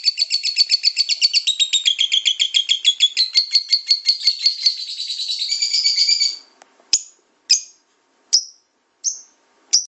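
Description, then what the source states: Lovebird chattering song: fast, dense, high trill for about six seconds, then it stops and is followed by five short, separate sharp chirps. National champion lovebird with a super ngekek song.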